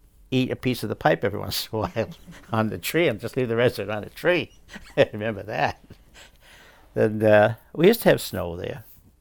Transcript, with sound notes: eat a piece of the pipe every once and awhile on the tree. And just leave the rest of it on the tree. (laughs) I remember that. And we used to have snow there.